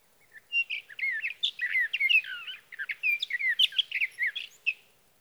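Sage thrasher singing a long, tumbling medley of warbled, twisting notes, fast, running for about four seconds, no other sounds.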